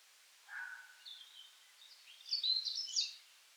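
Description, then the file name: European robin song, one phrase opening with a lower note and rising into a rapid, high, jumbled twitter. "Erithacus rubecula"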